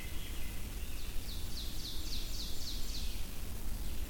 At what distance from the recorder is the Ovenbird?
about 85 m